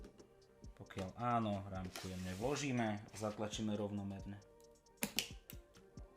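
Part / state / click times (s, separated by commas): RAM module into motherboard memory slot / seated / 5.0 s, 5.2 s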